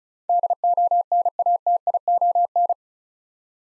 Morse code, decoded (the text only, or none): DONATION